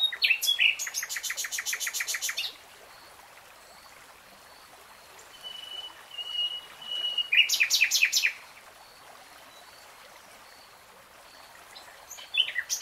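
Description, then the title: Nightingale song opening with a quick run of repeated notes, then after a pause a thin sustained whistle and a short burst of rapid notes. Nightingale singing, recorded in real time. "[Tiếng chim hót] Nightingale Singing"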